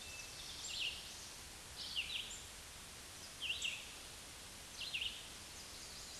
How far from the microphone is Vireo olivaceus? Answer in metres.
about 30 m